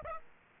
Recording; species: mosquito wingbeat signal from an infrared sensor; Aedes aegypti